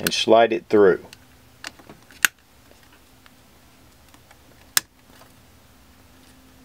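An ambidextrous manual safety lever is slid through a polymer pistol frame from the right side while the ejector is held down, and someone talks briefly at the start. Sharp ticks follow at about 1.7, 2.3, 3.3 and 4.8 seconds, the loudest at 2.3 and 4.8, over low background hum. Nothing has seated or clicked into place yet.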